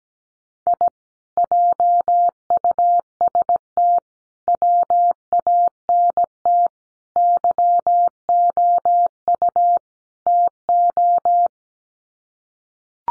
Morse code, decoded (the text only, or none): I JUST WANT YOU TO